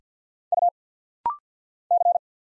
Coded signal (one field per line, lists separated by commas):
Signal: Morse code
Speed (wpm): 50 wpm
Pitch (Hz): 700 Hz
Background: none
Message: U C